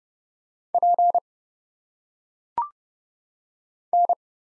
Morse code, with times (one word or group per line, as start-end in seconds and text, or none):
0.7-1.2 P
3.9-4.1 N